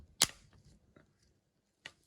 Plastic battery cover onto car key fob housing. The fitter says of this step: then it's just a snap